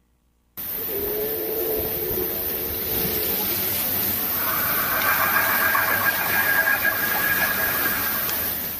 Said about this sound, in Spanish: Golpeteo de látigo y sonidos de ruedas que se mueven.